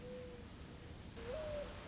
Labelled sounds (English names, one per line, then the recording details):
Mourning Dove
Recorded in Sonoma County, California